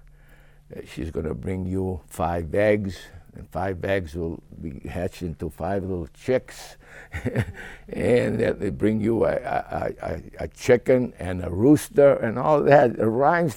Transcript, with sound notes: she's going to bring you five bags, and five bags will be hatched into five little chicks (laughs) and they bring you a, a, a, a chicken and a rooster. And all that